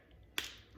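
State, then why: Seated. A plastic lid is pressed back onto the color cup of an airbrush makeup gun so nothing drips on the carpet. After quiet handling, a single sharp, bright snap rings out at 0.4 s and fades quickly. The lid seats firmly on the cup.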